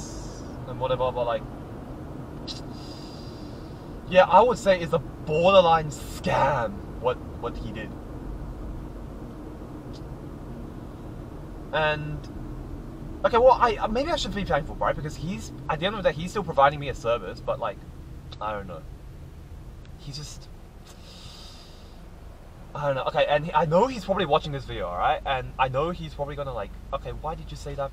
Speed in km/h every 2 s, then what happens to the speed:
50, 47, 45, 46, 45, 43, 40, 34, 24, 16, 7, 0, 0, 0.
0-21 slows to 0. 21-28 standing.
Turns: none.